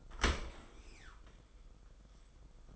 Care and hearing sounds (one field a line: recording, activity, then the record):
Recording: daily activity, microphone in the room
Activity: open dishwasher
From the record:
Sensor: 5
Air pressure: 990.6 hPa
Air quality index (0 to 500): 161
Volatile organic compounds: 263 ppm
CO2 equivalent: 4394 ppm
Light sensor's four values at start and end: 37/112/43/46 and 37/114/44/46